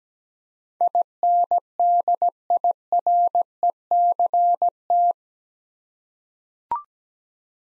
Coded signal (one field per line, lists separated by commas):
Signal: Morse code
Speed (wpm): 17 wpm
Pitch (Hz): 700 Hz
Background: none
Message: INDIRECT